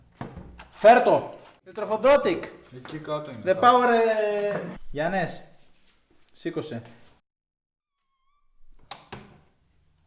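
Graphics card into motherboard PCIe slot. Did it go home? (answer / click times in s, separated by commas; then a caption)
yes / 8.9 s. A graphics card is pushed into the motherboard's PCIe slot while someone talks for most of the clip. After a pause, the slot latch clicks at 8.9 s, and the card is seated and clipped onto the motherboard.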